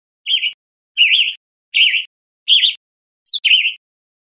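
A bird repeating a clear, wavering chirp five times in quick succession, the final one introduced by a brief high note, with silence all around.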